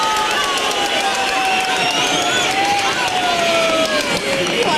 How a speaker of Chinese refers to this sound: 好了，诸位观众，现在的比分是2-1，无双遥遥领先，给无双掌声鼓励。